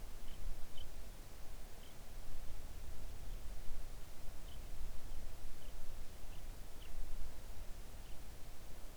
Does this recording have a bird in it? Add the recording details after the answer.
yes. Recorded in the Arctic National Wildlife Refuge, Alaska, on 3 August 2019 at 05:21. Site 41